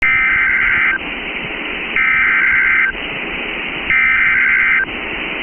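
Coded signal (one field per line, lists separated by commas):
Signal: Emergency Alert System (SAME) tones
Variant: header bursts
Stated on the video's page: Genuine EAS tones for a severe thunderstorm warning.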